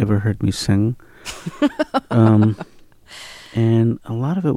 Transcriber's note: laughs